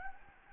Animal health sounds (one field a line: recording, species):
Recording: mosquito wingbeat signal from an infrared sensor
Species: Anopheles gambiae